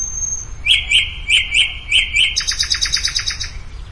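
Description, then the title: Bird song: a high thin note, then a run of quick repeated chirps, ending in a fast rattling trill of bright pulsed notes. "LuckyPassaro Completos2Sama"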